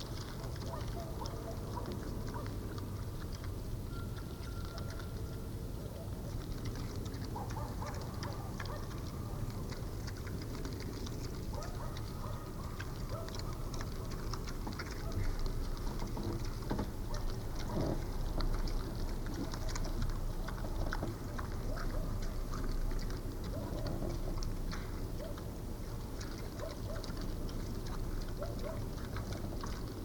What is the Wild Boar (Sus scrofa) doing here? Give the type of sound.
call